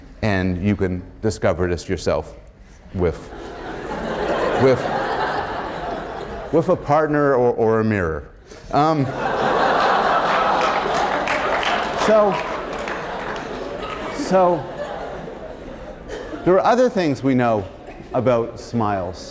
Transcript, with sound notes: And you can discover this yourself with [laughter] a partner or a mirror. [laughter] So, there are other things we know about smiles.